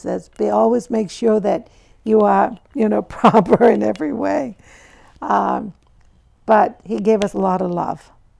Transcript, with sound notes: He says, "Be always make sure that you are, you know, proper in every way." (she laughs) But he gave us a lot of love,